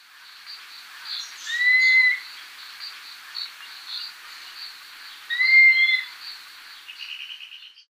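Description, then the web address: Dusky-capped flycatcher whistling twice, each note drawn out, about four seconds apart; a quiet trill of short notes closes the recording. Recorded in Ecuador. "Natures Songs S America Birds of Ecuador Dusky-capped Flycatcher"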